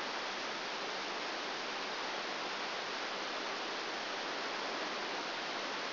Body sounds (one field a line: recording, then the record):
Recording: brain microelectrode recording played as sound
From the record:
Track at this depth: outside the subthalamic nucleus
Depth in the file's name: 0.006 mm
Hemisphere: left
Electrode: 2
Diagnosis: Parkinson's disease